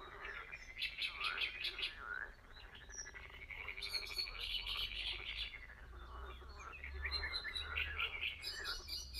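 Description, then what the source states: Frogs keep up a busy chorus of fast, rattling croaks, mixed with harsh, chattering bird song and sharp chirps. Spring sounds at a very old pond, with frogs calling among water birds.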